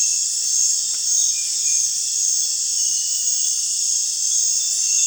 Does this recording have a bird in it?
no